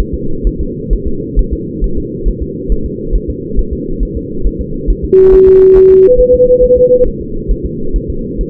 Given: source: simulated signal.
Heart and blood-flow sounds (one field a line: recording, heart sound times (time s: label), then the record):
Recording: fetal heart sounds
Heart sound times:
0.00 s: S1
0.14 s: S2
0.47 s: S1
0.61 s: S2
0.93 s: S1
1.07 s: S2
1.39 s: S1
1.53 s: S2
1.84 s: S1
1.98 s: S2
2.28 s: S1
2.43 s: S2
2.72 s: S1
2.86 s: S2
3.15 s: S1
3.30 s: S2
3.59 s: S1
3.73 s: S2
4.03 s: S1
4.17 s: S2
4.47 s: S1
4.61 s: S2
4.90 s: S1
5.04 s: S2
5.34 s: S1
5.48 s: S2
5.77 s: S1
5.91 s: S2
6.20 s: S1
6.35 s: S2
6.64 s: S1
6.78 s: S2
7.07 s: S1
7.21 s: S2
7.51 s: S1
7.66 s: S2
7.96 s: S1
8.10 s: S2
8.41 s: S1
From the record:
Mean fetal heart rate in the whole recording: 135 bpm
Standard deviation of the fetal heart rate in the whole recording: 3 bpm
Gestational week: 36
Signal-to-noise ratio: -8.1 dB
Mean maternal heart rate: 72 bpm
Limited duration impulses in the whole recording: present